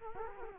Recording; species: mosquito wingbeat signal from an infrared sensor; Culex quinquefasciatus